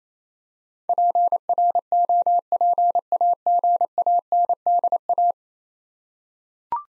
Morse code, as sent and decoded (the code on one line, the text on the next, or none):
.--. .-. --- .--. .- --. .- -. -.. .-
PROPAGANDA